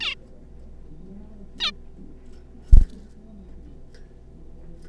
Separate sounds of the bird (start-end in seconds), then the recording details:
0.01-0.15, 1.60-1.71. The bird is a juvenile. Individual R3549